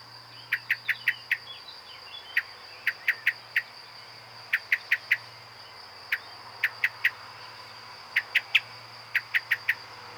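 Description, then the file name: Common blackbird producing repeated sharp chink notes, mostly in clusters of three to five with a few single notes, over a continuous high whine. "Turdus merula"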